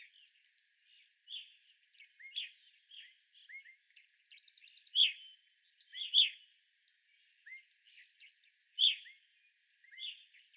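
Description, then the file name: Evening grosbeak calls: scattered soft chirps, then a few louder piercing notes, with a thin whistle above. Evening grosbeaks, recorded 25 April 2021. "2021-04-25 Evening Grosbeaks"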